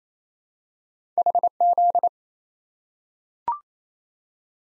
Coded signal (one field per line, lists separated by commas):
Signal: Morse code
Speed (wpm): 29 wpm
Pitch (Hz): 700 Hz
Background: none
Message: HZ